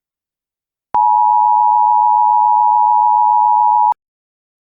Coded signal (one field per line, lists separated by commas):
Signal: Emergency Alert System (SAME) tones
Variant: 853 and 960 Hz attention tone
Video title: EAS Scenario: The Frost Apocalypse [FULL]